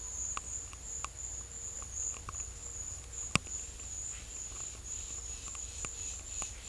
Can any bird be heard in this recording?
no